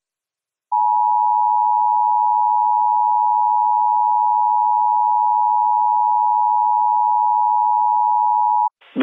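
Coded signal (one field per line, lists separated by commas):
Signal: Emergency Alert System (SAME) tones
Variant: 853 and 960 Hz attention tone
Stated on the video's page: Fictional mock Tornado Warning for Texas counties, using valid EAS tones.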